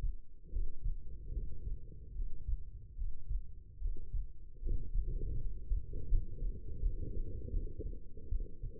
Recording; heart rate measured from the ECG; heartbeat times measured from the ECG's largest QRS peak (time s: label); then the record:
heart sounds by stethoscope; 77 bpm
0.51 s: heartbeat
1.32 s: heartbeat
2.14 s: heartbeat
2.96 s: heartbeat
3.80 s: heartbeat
4.61 s: heartbeat
5.36 s: heartbeat
6.07 s: heartbeat
6.79 s: heartbeat
7.50 s: heartbeat
8.28 s: heartbeat
From the record:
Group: healthy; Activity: Valsalva maneuver 0-4 s, rest 4-9 s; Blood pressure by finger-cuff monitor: 138/88 mmHg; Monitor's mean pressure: 101 mmHg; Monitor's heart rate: 73 bpm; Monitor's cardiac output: 5.7 L/min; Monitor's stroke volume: 76 mL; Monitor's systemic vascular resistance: 1320 dyn s/cm5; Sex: female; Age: 22 years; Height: 171 cm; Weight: 65.6 kg